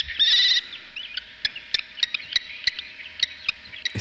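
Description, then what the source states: Kestrel calls: a high, rapid chattering trill at the start, then scattered thin squeaky notes amid sharp clicks. A pair answering each other in conversation, not a lone male singing; the species breeds in cities and villages, on rooftops and even in flowerpots.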